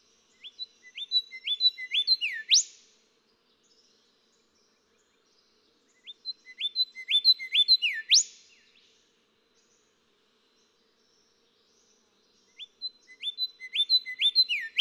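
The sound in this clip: Golden whistler song: three phrases of rising whistled notes, each ending in a sharp upswept whipcrack, separated by pauses.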